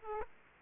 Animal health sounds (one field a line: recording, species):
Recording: mosquito wingbeat signal from an infrared sensor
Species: Aedes aegypti